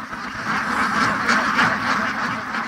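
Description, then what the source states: Indian Runner Ducks in a large group giving a steady wash of overlapping quacks with no pauses. Runner ducks swarming vineyard fields in Stellenbosch, South Africa, pecking between vines and ducking under wire trellises while foraging for snails.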